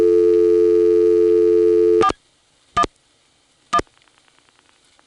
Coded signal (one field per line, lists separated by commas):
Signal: DTMF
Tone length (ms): 70 ms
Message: 41 1